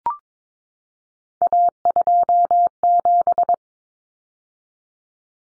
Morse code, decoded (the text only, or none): A27